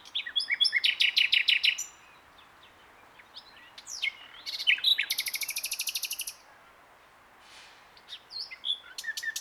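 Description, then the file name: Common nightingale song, a rapid repeated note series, then whistles and a long buzzy rattle, followed by softer scattered notes. "Luscinia megarhynchos"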